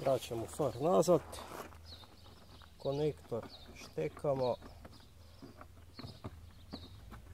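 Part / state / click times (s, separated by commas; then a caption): wiring harness plug into rear lamp connector / not seated / none. Someone talks while the wiring harness plug is handled and brought back toward the rear lamp's connector during reassembly of a Peugeot 308 rear light, with only faint handling knocks under a steady low hum. Nothing has seated or clicked yet.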